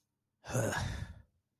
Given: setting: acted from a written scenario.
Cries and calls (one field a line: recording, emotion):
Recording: vocal sound without words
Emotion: contempt